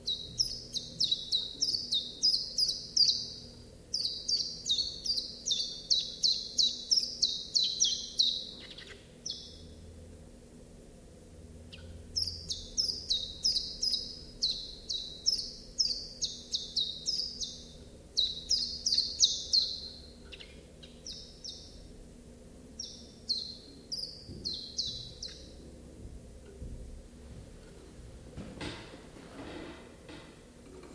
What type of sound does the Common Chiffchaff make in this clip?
song